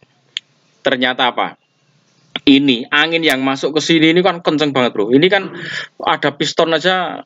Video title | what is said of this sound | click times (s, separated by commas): Solusi langsam RPM tinggi karburator | begitu saya menutupnya dengan tangan, langsung terpasang dengan bunyi klik . | 0.4 s